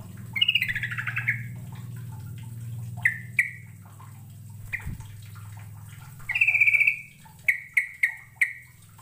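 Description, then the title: Bird song: a falling buzzy phrase, scattered single notes, then a rattling trill followed by four quick ringing chirps over a low hum. "Kicau Burung"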